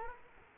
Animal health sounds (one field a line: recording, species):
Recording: mosquito wingbeat signal from an infrared sensor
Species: Culex quinquefasciatus